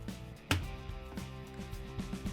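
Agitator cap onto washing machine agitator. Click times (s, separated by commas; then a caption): 0.5 s. A plastic agitator cap, which doubles as the fabric softener dispenser, is pressed onto the top of a new Whirlpool/KitchenAid/Maytag washer agitator from the complete agitator assembly 285565. It snaps into place with one sharp click at 0.5 s over steady background music, and the cap is seated.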